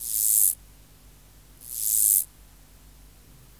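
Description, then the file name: Mottled grasshopper song: two high, hissing buzzy bursts, each swelling in loudness then stopping abruptly, about a second apart, over quiet background. Subspecies hispanicus. "Myrmeleotettix maculatus hispanicus"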